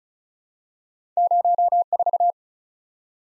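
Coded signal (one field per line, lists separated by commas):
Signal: Morse code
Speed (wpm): 36 wpm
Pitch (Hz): 700 Hz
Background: none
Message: 04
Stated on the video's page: Morse practice drill of random two-character letter and number groups at 35 wpm, each sent in Morse, then spoken, then sent again, for head-copy.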